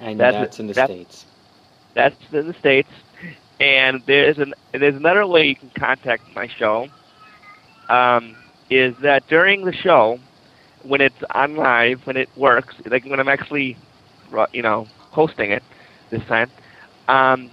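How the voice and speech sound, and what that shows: An adult man speaks in short bursts with frequent pauses, repeating whole phrases and word starts ("there's... there's in... there's another") and filling gaps with "um." These repetitions and hesitations fit stuttering, a disorder of speech fluency.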